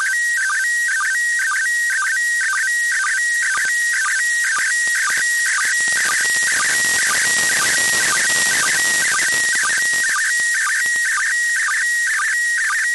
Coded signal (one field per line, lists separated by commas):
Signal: SSTV (slow-scan television)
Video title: ISS SSTV Broadcast 29.12.2021 @08:36 UTC